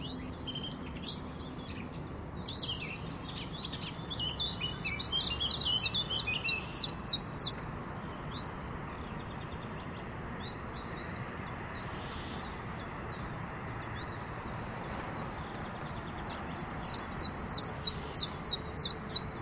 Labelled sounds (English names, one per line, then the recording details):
Common Chiffchaff
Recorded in the wild
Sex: male
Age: adult
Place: Schönow, Naturpark Barnim, Brandenburg, DE
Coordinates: 52.6786, 13.5106
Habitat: wetland
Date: 2010-04-18
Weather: fair, 10°C, no wind
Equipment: Sound Devices 702, Sennheiser MKH 70, Rycote Windschutz
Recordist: Frommolt, Karl-Heinz